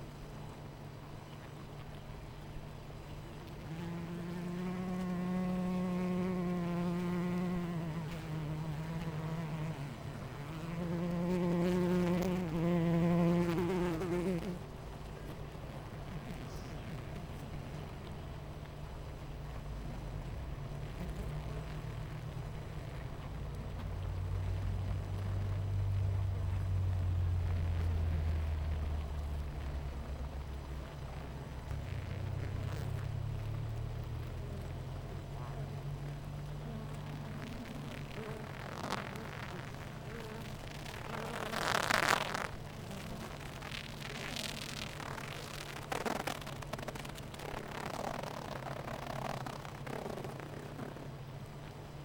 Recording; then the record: honeybee colony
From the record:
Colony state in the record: missing queen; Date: 14 July 2017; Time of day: 9:58